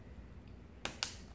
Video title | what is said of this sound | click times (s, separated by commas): Acer Predator Helios 300 2.5" SSD Install | then press down till it clicks into place and | 0.9 s, 1.0 s